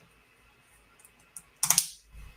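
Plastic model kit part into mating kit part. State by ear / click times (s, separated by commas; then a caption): seated / 1.6 s. Two plastic model kit pieces are pressed together, with a few faint clicks at first, then a sharp snap at 1.6 s followed by a quick rattle and a low thump. The parts snap into a tight, sandwiched fit and are seated firmly, no longer coming apart.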